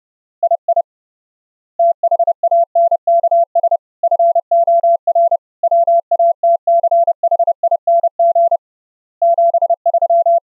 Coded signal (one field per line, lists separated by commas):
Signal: Morse code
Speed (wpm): 30 wpm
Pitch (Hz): 680 Hz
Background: none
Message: II THANKS FOR WATCHING 73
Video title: running the AD5DZ CW KEYER software in an UBUNTU GUEST on Windows 10 Hyper-V, with low latency audio